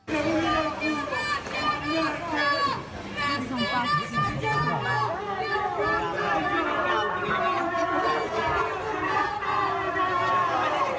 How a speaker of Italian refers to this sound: Queste urla, questi cori, l'accusa al gruppo Espresso Repubblica sarebbe quella di uccidere l'identità degli italiani, ovviamente anche qui con lo Ius Soli.